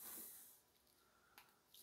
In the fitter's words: it's a nice little click and these are soft like